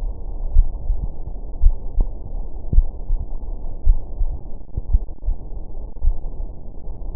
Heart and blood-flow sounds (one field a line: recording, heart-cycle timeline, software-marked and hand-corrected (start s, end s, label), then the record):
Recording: heart sounds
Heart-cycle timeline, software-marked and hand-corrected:
0.00	0.53	diastole
0.53	0.67	S1
0.67	0.89	systole
0.89	0.99	S2
0.99	1.61	diastole
1.61	1.75	S1
1.75	1.97	systole
1.97	2.09	S2
2.09	2.73	diastole
2.73	2.87	S1
2.87	3.11	systole
3.11	3.21	S2
3.21	3.85	diastole
3.85	3.99	S1
3.99	4.21	systole
4.21	4.33	S2
4.33	4.93	diastole
4.93	5.03	S1
5.03	5.25	systole
5.25	5.35	S2
5.35	6.03	diastole
6.03	6.15	S1
6.15	6.37	systole
6.37	6.47	S2
6.47	7.13	diastole
7.13	7.16	S1
From the record:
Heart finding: coronary artery disease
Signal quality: good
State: rest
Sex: female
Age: 45 years